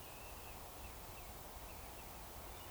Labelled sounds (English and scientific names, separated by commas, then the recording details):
Eurasian Woodcock (Scolopax rusticola) whistle
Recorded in Baden-Württemberg, Germany, on 15 June 2020 at 02:33 UTC
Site 43791, 788 m above sea level